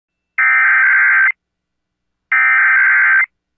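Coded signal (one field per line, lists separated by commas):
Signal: Emergency Alert System (SAME) tones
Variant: header bursts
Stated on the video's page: Weekly IPAWS CAP test for Santa Barbara County relayed via a TV station, with a WS4000 simulator.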